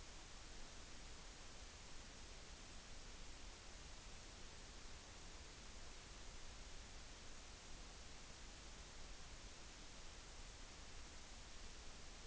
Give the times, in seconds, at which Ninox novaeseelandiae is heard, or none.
none